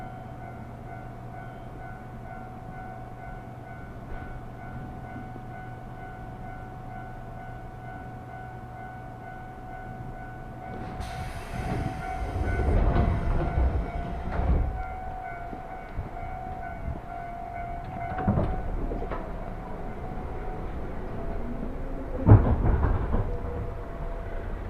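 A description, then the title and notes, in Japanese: Riding a train on the Nambu and Tsurumi lines, a steady low hum and a held tone fill the first ten seconds. Around eleven seconds the car starts rolling louder, with rumbling surges and bursts of clatter near thirteen, fifteen, eighteen and twenty-two seconds. 耳で楽しむ鉄道旅 南武線・南武支線・鶴見線。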